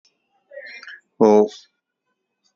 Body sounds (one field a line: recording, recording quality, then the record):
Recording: sustained vowel as in boot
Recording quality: excellent, no background noise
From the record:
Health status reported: healthy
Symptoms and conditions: none ticked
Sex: male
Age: 31 years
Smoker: yes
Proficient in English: yes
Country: India